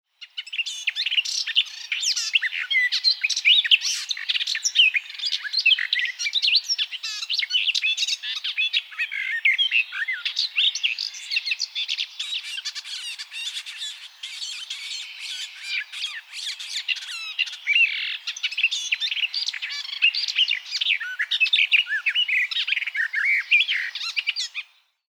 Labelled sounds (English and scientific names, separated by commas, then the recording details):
Garden Warbler (Sylvia borin)
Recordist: Frommolt, Karl-Heinz
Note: Gesang